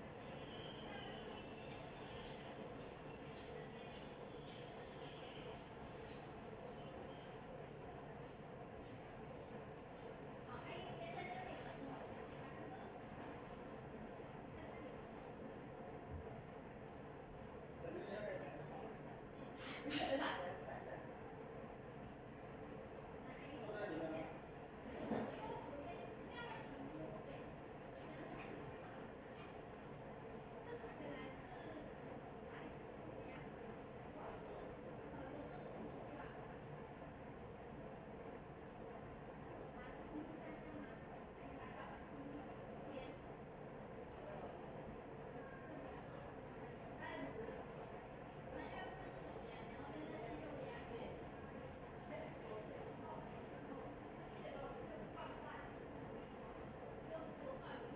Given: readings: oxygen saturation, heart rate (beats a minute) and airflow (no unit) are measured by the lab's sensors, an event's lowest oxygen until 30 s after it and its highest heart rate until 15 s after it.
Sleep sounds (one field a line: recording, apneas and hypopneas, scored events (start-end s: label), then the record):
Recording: a person awake in a sleep study, by a smartphone at the bedside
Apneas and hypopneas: none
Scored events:
0.00-57.96 s: awake
0.00-57.96 s: awake
From the record:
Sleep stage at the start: awake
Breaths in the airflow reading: 15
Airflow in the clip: -0.8 to 0.8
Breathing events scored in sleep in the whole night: 263 in 5.5 hours asleep